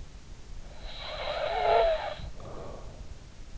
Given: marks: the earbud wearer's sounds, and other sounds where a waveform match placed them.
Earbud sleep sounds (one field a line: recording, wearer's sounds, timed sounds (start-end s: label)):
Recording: sounds in sleep by an in-ear microphone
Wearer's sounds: snoring breath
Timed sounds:
0.78-3.16 s: snoring breath